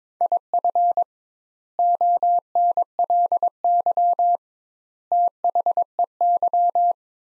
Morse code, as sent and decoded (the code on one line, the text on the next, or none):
.. ..-. / --- -. .-.. -.-- / - .... . -.--
IF ONLY THEY